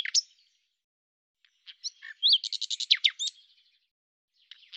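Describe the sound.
Common nightingale phrase: a few whistled notes, then a fast run of loud, evenly repeated clipped notes ending in a high whistle.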